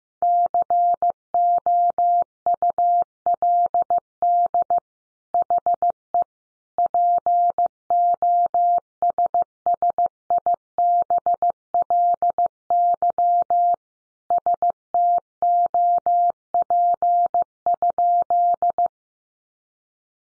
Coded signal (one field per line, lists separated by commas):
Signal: Morse code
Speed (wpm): 15 wpm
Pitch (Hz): 700 Hz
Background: none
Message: COULD HE POSSIBLY STOP?